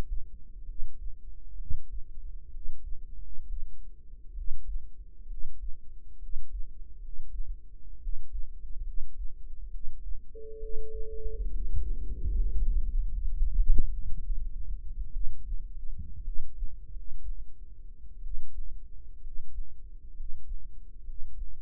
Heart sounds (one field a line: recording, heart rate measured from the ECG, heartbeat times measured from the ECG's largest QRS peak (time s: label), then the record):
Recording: heart sounds by microphone in the right ear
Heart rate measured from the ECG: 65 bpm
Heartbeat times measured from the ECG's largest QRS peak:
0.63 s: heartbeat
1.54 s: heartbeat
2.48 s: heartbeat
3.15 s: heartbeat
4.32 s: heartbeat
5.24 s: heartbeat
6.16 s: heartbeat
6.97 s: heartbeat
7.97 s: heartbeat
8.81 s: heartbeat
9.68 s: heartbeat
10.57 s: heartbeat
11.47 s: heartbeat
12.29 s: heartbeat
13.05 s: heartbeat
13.90 s: heartbeat
15.11 s: heartbeat
16.21 s: heartbeat
16.89 s: heartbeat
18.19 s: heartbeat
19.18 s: heartbeat
20.11 s: heartbeat
21.01 s: heartbeat
From the record:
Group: healthy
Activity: rest 0-11 s, Valsalva maneuver 11-22 s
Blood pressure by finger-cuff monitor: 108/68 mmHg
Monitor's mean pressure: 80 mmHg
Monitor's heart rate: 68 bpm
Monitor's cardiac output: 5.4 L/min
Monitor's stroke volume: 81 mL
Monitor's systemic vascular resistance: 1040 dyn s/cm5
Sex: female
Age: 22 years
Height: 171 cm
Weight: 65.6 kg